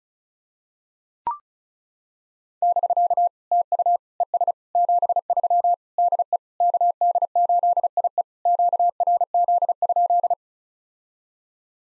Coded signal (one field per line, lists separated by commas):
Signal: Morse code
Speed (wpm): 36 wpm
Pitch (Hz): 700 Hz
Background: none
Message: <BK> TU ES 73 DE KD8IE QRZ?